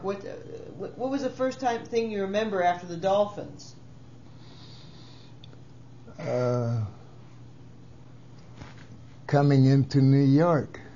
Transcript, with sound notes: What was the first time -thing—you remember after the dolphins?
(long gap) -uh—coming into New York